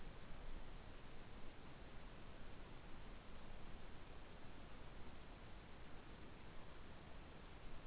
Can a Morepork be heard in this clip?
no